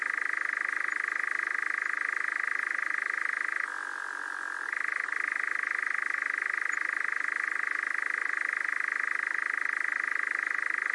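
Nightjar churring in a rapid continuous trill, with one short drop to a lower pitch midway before the steady churr resumes.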